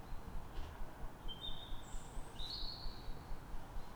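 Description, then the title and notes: Bird song, a few clear high whistles and a sharp chirp over a rumbling traffic background. Calm morning, 3 May, Fresnes, Ile de France; background ring-road traffic. "Matin calme avec oiseaux. Fresnes, Ile de France. Mathias Arrignon"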